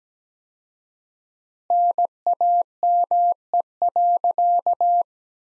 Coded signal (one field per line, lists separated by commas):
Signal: Morse code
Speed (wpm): 17 wpm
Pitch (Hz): 700 Hz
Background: none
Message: NAME.